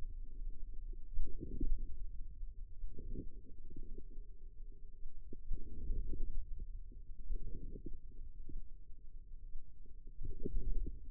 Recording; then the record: forearm muscle sounds (acoustic myography)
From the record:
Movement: wrist flexion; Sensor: system 2, bracelet of six BSWA MPA416 microphones around the upper forearm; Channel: 3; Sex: female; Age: 22 years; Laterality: right